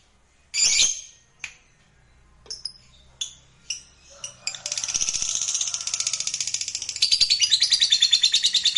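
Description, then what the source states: Lovebird calls: several sharp separate chirps at first, then a rapid high chattering trill that continues to the end, growing louder. Lovebird song used to stimulate other lovebirds.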